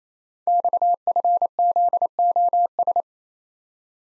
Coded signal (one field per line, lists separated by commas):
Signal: Morse code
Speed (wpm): 27 wpm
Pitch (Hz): 700 Hz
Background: none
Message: XFZOS